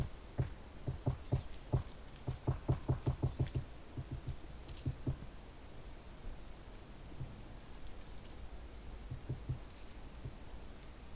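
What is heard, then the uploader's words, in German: A woodpecker's pecking, heard close through the tree trunk, comes as low, hollow knocks. A quick regular run of blows fills roughly the second to fourth seconds, then knocks turn sparse and uneven, with a few more near nine seconds over a steady soft hiss. Ein Ohr am Baum des Spechts II. War ein Schild zum Bärenbrünnlein. Dort eine Buche und auf dieser ein Rotspecht, der nichts dagegen hatte.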